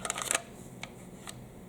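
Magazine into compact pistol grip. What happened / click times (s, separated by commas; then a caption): The magazine is handled but not yet seated / none. A magazine is handled at the grip of a compact Glock 19 Gen 3 pistol with no magwell fitted. A quick cluster of sharp, bright metallic ticks and rattles comes in the first 0.4 s, followed by two fainter isolated ticks near 0.8 s and 1.3 s over a quiet background. Nothing has seated or clicked home yet.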